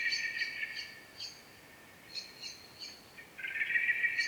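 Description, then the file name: Common blackbird giving short, thin, high call notes repeated several times a second, then a harsher buzzy burst at the end. "Turdus merula"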